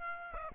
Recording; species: mosquito wingbeat signal from an infrared sensor; Aedes aegypti